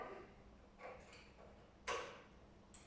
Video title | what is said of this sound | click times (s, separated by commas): The Pro1000 Setup and help video | and you heard that click. That was very quick. | 2.7 s